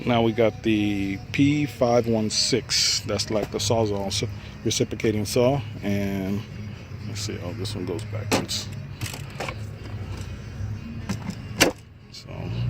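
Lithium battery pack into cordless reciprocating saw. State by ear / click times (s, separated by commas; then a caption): seated / 11.6 s. Someone talks as a Ryobi 9Ah lithium HP+ power-tool battery pack is slid onto a Ryobi P516 cordless reciprocating saw, with music in the background and a few scraping knocks. The pack snaps into place with a sharp latch click at 11.6 s, and it is seated.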